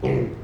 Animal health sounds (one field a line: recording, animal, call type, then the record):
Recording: contact call of a hoofed animal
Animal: pig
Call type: closed-mouth grunt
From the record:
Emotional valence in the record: negative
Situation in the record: short social isolation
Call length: 0.44 s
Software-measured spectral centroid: 1040 Hz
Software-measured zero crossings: 730 a second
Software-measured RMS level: -24 dBFS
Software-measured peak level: -11 dBFS